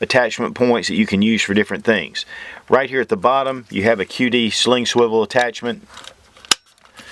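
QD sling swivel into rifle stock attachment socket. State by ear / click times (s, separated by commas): seated / 6.5 s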